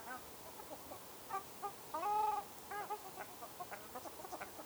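Ruddy shelduck giving one clear, drawn-out nasal honk amid quieter short calls and a steady hiss.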